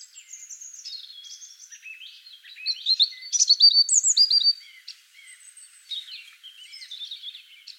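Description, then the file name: European robin singing varied high, liquid phrases with quick descending slurs and trills, a louder burst in the middle, softer twittering before and after. "Erithacus rubecula"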